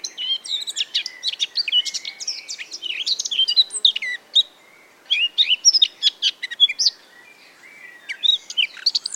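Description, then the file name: Eurasian blackcap song: repeated bursts of busy warbling with short pauses between them, mixing squeaky chatter and whistles. "Sylvia atricapilla"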